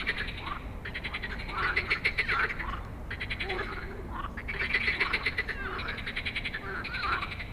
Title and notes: Stromovka Park, Prague - Frog concert at Stromovka after dark. Już z daleka słyszałem, że gdzieś blisko jest gęsto od żab i dają wieczorny koncert. I heard from afar that there is a lot of frogs somewhere near and they are giving an evening concert